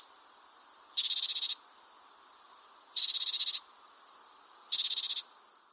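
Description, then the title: Japanese tit buzzy calls: three short, harsh, rapidly pulsed bursts about two seconds apart, with a faint steady hum between them. "suara burung gelatik batu jepang"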